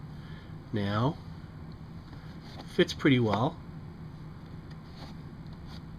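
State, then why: Not seated. A rehandled knife is handled near its homemade leather sheath while someone talks over a low steady hum. Nothing has seated or clicked yet; the clip ends just before the knife snaps into the sheath.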